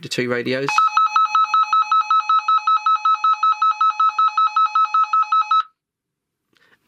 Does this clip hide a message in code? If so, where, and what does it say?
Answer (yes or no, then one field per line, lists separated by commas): no